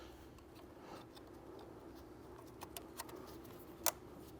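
An electrical plug is reconnected onto an ignition coil on the engine of a 2012–2015 Mercedes-Benz C250 (W204) or SLK250 (R172) during a spark plug replacement. Faint handling clicks and taps are heard over a steady low hum, followed by a sharp, loud click at 3.9 s as the connector seats.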